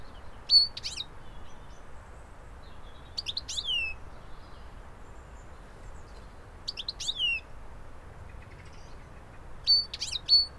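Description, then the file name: European goldfinch calls, bright twittering notes with quick falling slurs, in bursts about every three seconds over faint background hiss. "Carduelis carduelis"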